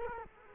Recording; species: mosquito wingbeat signal from an infrared sensor; Culex quinquefasciatus